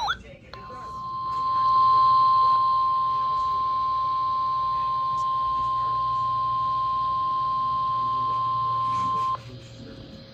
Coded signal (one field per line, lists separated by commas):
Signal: Emergency Alert System (SAME) tones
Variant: 1050 Hz attention tone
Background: speech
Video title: EAS #142 KEB98 Required Weekly Test 8/7/24